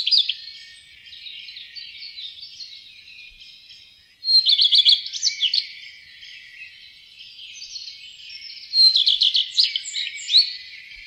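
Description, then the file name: Common redstart singing two loud phrases about four seconds apart, each a quick series of high clear notes followed by a scratchy twittered ending, with constant faint high background calls. "roedstjert"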